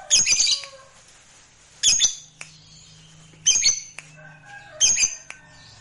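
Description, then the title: Lovebird uttering four harsh, high squawks spaced irregularly, with quieter faint tones between them. Meant to prompt a lovebird that is reluctant to sing into spontaneous, excited singing. "LOVEBIRD Malas Bunyi JADI GREGET SPONTAN Langsung NARIK"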